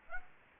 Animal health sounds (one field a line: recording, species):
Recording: mosquito wingbeat signal from an infrared sensor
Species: Aedes aegypti